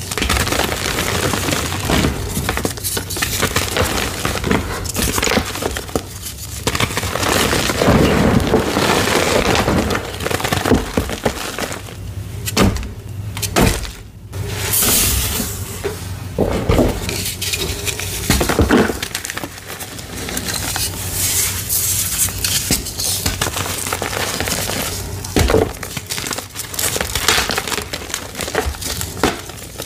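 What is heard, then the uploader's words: Blue dyed gym chalk is crushed, a dense, continuous run of gritty crunching and crumbly crackle. The pressing comes in uneven pulses, with short quiet breaks near 6, 14 and 26 seconds, and a brief bright hiss around 15 seconds. Satisfying Gym Chalk Crushing ASMR. Asmr satisfying videos of blue dyed gym chalk crushing.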